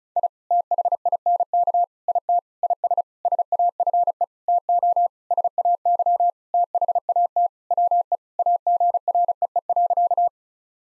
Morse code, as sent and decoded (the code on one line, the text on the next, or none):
.. / - .... .. -. -.- / .. - / .. ... / ... .- ..-. . / - --- / ... .- -.-- / - .... .- - / .-- . / .- --. .-. . . .-.-.-
I THINK IT IS SAFE TO SAY THAT WE AGREE.